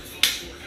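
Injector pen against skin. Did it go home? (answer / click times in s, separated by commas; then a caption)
partly / 0.2 s. A Mounjaro injector pen, pressed and held against the skin, gives a single sharp click at 0.2 s over a quiet background, fading out within about a tenth of a second. This first of two clicks starts the injection; the second click has not yet sounded.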